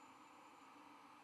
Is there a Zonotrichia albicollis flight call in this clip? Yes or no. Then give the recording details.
no. No flight call is heard. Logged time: 01:25 on 12 November 2014